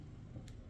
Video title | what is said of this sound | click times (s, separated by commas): AMBER & STERLING EXTRAVAGANZA JEWELRY SALE PREVIEW #19 #amber #fashionjewelry #sterling #fun | And I hope you see, you push that back in. Did you hear the snap? Listen. | 0.5 s